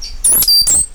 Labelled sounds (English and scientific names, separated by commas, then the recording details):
Stitchbird (Notiomystis cincta) song
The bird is a male
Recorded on Tiritiri Matangi Island, New Zealand, in 2005
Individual 8, of nest box 10